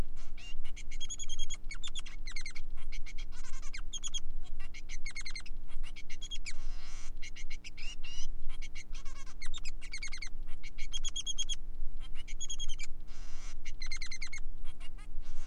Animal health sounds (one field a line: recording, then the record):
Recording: song of a male Bengalese finch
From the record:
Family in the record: son of father 3